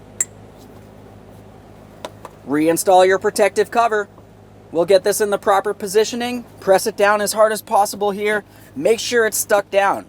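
The second electrical harness connector on a 2010-2013 Kia Forte Koup 2.4L L4, worked on during a fuel injection pressure regulator replacement, is pressed into its socket on the fuel pump assembly, pushed until it clicks like the first one. A sharp click at 0.2 s marks it seating, followed by two faint ticks near 2.1 s and 2.3 s, and then someone talks. The connector is seated.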